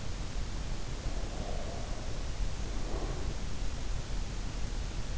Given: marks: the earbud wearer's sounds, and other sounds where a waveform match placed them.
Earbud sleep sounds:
sounds in sleep by an in-ear microphone; breath
0.77-3.60 s: breath

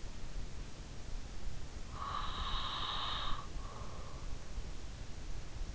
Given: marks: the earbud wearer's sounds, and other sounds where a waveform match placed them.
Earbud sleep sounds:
sounds in sleep by an in-ear microphone; breath
1.37-4.28 s: breath

